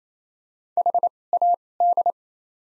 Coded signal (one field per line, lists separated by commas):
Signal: Morse code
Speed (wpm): 27 wpm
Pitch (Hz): 700 Hz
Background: none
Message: H A D